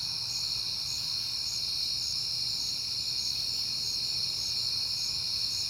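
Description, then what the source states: Crickets fill the night with a steady shrill trill and regular bright chirps; a quiet low hum stays underneath. Recorded on a peaceful night in September.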